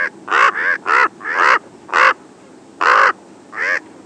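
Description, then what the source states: Common raven giving a series of hoarse, croaking caws, several calls in four seconds, some paired closely, others spaced with short pauses. Arizona.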